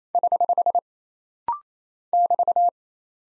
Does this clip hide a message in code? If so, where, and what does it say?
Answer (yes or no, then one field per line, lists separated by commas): yes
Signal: Morse code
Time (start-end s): 0.1-2.7 s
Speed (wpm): 28 wpm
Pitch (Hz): 700 Hz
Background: none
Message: <HH> <BT>